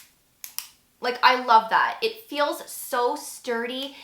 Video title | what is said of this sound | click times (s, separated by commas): I TRIED THE FIRST AID BEAUTY 10% VITAMIN C BRIGHTENING SERUM AND THIS IS WHAT HAPPENED TO MY SKIN! | It actually is locking in place, and I think that this packaging is on point. | 0.4 s, 0.6 s